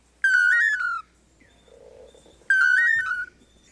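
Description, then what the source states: Long-tailed manakin song: a clear whistled phrase that wavers up and then down, given twice about two seconds apart. The 'Toledo' song, sung in Central America by pairs of males teaming up to court females with song and dance, performed up to 5,000 times a day.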